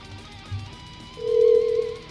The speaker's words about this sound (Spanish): A ver si nos coge por ahí el teléfono. Vamos a ver si